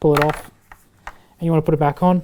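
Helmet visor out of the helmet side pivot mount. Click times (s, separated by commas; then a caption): 0.7 s, 1.1 s. Someone talks while pulling down the small red release tab on the side of an AGV K1 racing helmet, and the anti-scratch-treated plastic visor pops out of its side pivot mount and is pulled off. Two sharp plastic clicks are heard at 0.7 s and 1.1 s between the speech, and the visor comes free of the helmet.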